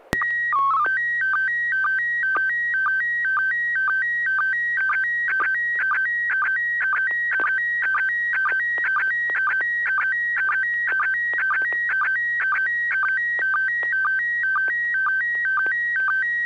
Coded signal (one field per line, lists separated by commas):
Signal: SSTV (slow-scan television)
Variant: PD 120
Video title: N6NA SSTV Net - 10/20/2021